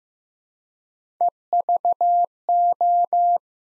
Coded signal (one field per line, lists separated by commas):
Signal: Morse code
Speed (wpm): 15 wpm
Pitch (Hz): 700 Hz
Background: none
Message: EVO